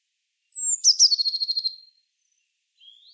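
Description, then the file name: Eurasian blue tit giving a scolding churr: a high falling note then a rapid buzzy trill of about a dozen pulses, falling slightly, then silence and a faint rising note. "Cyanistes caeruleus"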